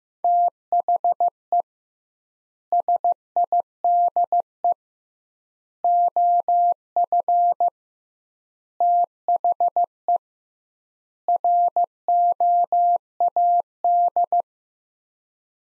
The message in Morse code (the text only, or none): THE SIDE OF THE ROAD